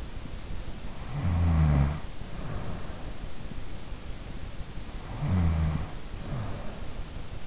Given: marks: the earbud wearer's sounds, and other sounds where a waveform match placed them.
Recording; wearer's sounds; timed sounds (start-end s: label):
sounds in sleep by an in-ear microphone; snoring breath
0.83-3.44 s: snoring breath
4.86-7.46 s: snoring breath